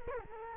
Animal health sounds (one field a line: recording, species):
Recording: mosquito wingbeat signal from an infrared sensor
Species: Culex quinquefasciatus